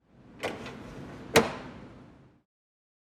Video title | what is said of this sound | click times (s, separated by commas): SawStop Service Tip: Recovering an Activated Brake | The arbor will automatically engage the retraction bracket. You will likely hear an audible click. | 1.4 s